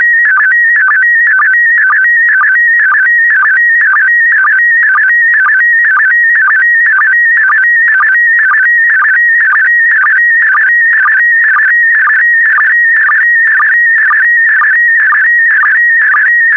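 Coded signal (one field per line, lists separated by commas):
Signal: SSTV (slow-scan television)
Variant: PD120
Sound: warbling, shifting electronic tone with a steady rhythmic chirp about twice a second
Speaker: Get ready. Starting transmission in 5, 4, 3, 2, 1. Transmission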